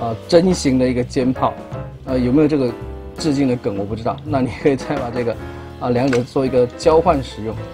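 Someone swaps the two shoulder weapon parts on a plastic Transformers Legacy Deluxe Class Impactor and Spindle figure, bringing one plastic accessory up to the figure's shoulder mount. Someone talks steadily over background music, and no distinct click stands out. The clip ends just before the part goes home, so nothing has seated or clicked yet.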